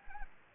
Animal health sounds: mosquito wingbeat signal from an infrared sensor; Anopheles gambiae

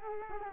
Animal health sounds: mosquito wingbeat signal from an infrared sensor; Culex quinquefasciatus

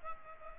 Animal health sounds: mosquito wingbeat signal from an infrared sensor; Aedes albopictus

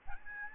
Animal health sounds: mosquito wingbeat signal from an infrared sensor; Aedes albopictus

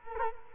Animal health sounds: mosquito wingbeat signal from an infrared sensor; Culex quinquefasciatus

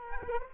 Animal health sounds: mosquito wingbeat signal from an infrared sensor; Culex quinquefasciatus

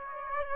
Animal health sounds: mosquito wingbeat signal from an infrared sensor; Aedes aegypti

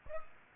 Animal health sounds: mosquito wingbeat signal from an infrared sensor; Aedes aegypti

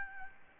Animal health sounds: mosquito wingbeat signal from an infrared sensor; Aedes albopictus

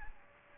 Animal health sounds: mosquito wingbeat signal from an infrared sensor; Aedes aegypti

